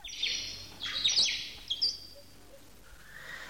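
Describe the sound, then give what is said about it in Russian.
A sparrow chirps in three quick bursts of bright, high-pitched twittering, fairly soft, then falls quiet with only a faint thin trill trailing off at the end. “Ах, эгоисты эти воробьи.”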